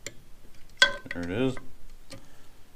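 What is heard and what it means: A click-type torque wrench set to 80 tightens a bolt on a small Predator 212 engine for a mini bike. It gives a sharp click at 0.8 s as it reaches its setting, confirming the bolt is torqued. Someone talks around the click, and fainter ticks sound near 0.1 s and 2.1 s.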